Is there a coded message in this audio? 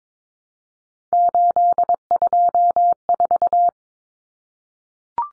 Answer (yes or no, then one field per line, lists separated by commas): yes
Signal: Morse code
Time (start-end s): 1.1-3.7 s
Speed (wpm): 22 wpm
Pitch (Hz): 700 Hz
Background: none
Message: 824